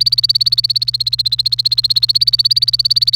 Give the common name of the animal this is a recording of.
Domestic Canary